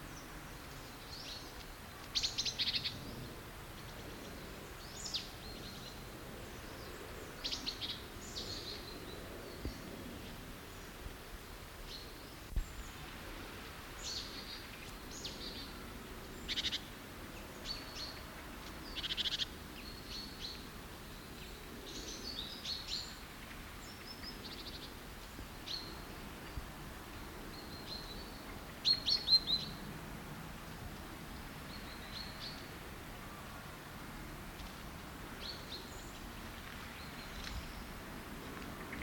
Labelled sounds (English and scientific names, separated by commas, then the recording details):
Great Tit (Parus major)
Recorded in the wild
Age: adult
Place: Treuchtlingen, Naturpark Altmühltal, Bayern, DE
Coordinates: 48.96, 10.91
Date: 1993-09-17
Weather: 14°C, Sonnig
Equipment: Marantz CP 430, Sennheiser MKH 416 T, Kopie Uher Variocord 263
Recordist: Tembrock, Günter